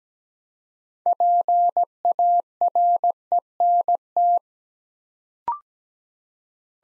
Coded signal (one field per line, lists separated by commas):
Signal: Morse code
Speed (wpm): 17 wpm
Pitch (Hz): 700 Hz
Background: none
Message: PARENT